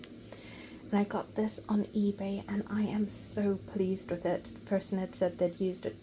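A click-fit, non-screw cap is pulled off a metal Diplomat Arrow fountain pen, giving a sharp click at 0.0 s that releases the cap from the pen body. Someone then talks for the rest of the clip.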